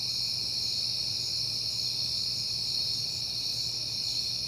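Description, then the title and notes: Crickets trill in a dense, unchanging high chorus while a quiet low hum runs beneath. Crickets on a peaceful night in September. "Night Time: Crickets and Passing Cars. It is September and I have been hearing the crickets a lot, but finally had a peaceful night to make the recording"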